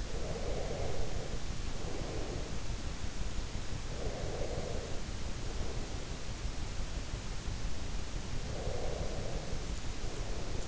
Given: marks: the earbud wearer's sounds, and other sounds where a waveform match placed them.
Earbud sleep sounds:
sounds in sleep by an in-ear microphone; breath
0.00-2.59 s: breath
3.93-6.16 s: breath
8.51-10.68 s: breath

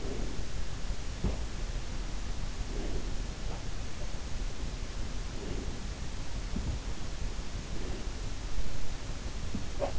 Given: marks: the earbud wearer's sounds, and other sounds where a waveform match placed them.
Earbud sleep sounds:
sounds in sleep by an in-ear microphone; breath
0.00-0.63 s: breath
1.09-1.58 s: sound from someone else or the room
2.24-3.19 s: breath
5.18-6.19 s: sound from someone else or the room
6.42-7.06 s: sound from someone else or the room
7.55-8.62 s: sound from someone else or the room
9.40-9.99 s: sound from someone else or the room

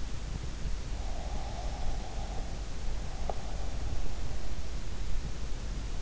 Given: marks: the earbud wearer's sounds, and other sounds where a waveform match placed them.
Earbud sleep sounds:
sounds in sleep by an in-ear microphone; breath
0.94-3.66 s: breath

